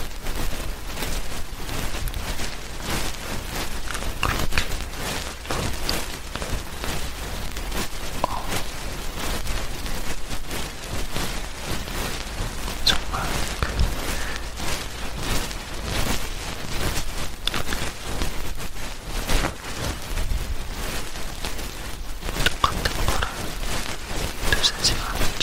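Crackly ear cleaning and ear touching fill the clip with dense, uneven scratching and rustling that flickers rapidly throughout. Sharp taps and brushing strokes arrive in quick irregular bursts, with a low rumble underneath and no clear speech standing out.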